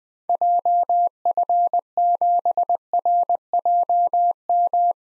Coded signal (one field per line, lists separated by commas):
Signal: Morse code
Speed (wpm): 20 wpm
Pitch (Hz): 700 Hz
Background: none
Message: JF7RJM